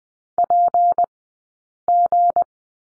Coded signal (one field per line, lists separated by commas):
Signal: Morse code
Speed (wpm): 20 wpm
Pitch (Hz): 700 Hz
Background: none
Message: PG